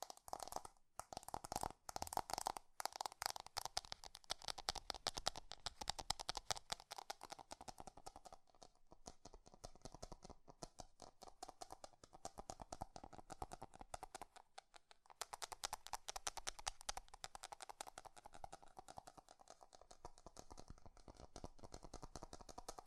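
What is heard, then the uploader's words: Fast tapping runs for the whole stretch, a dense stream of sharp, crisp clicks that reach from low thumps up into bright ticks. The pace stays quick but uneven, with short gaps near 1, 9 and 15 seconds. Quieter, softer taps fill the middle section. ASMR 3D Fast Tapping.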